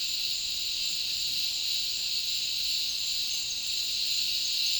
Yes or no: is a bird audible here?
no